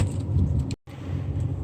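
A replacement rear power window switch for a Nissan Titan is handled as it is pressed back into its opening in the plastic door trim panel. Low rumbling handling noise with light jangling fills the clip, broken by a brief bright tick just after 0.7 s and then a short gap of near-silence. The switch has not seated or clicked into the panel yet.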